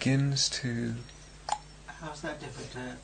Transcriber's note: clicks tongue